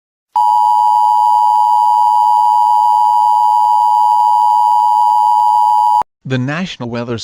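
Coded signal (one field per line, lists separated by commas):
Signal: Emergency Alert System (SAME) tones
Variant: 853 and 960 Hz attention tone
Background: speech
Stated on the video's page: Fictional EAS scenario made as an animated movie.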